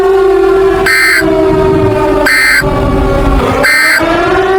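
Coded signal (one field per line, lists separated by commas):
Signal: Emergency Alert System (SAME) tones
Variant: end-of-message bursts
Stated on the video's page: Fictional EAS scenario, a simulated alert rather than a real one.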